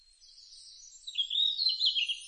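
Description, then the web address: Red-flanked bluetail song: a short, clear warbled phrase that dips and wavers, preceded by fainter high sounds. Recorded on 4 June 2006. "2006 060604 ruribitaki"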